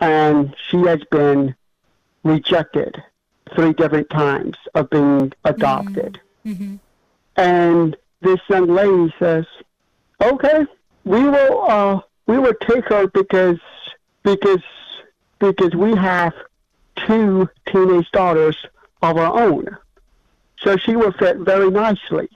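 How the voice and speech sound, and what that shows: An adult man who stutters, and who has abuse-induced cerebral palsy and a brain injury leaving him without a third of his brain, tells a story in short bursts separated by frequent pauses. Words and phrases repeat ("we will... we will", "because, because, because") and some sounds are drawn out. A brief second voice responds "mm-hmm".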